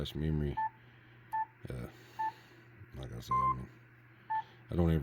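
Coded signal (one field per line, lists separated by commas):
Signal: none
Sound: radio button press beeps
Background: speech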